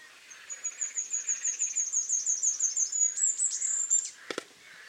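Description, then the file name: Great tit calls: a rapid chain of high, thin, evenly spaced notes that speeds into a brief trill, followed by a single sharp click. "Parus major"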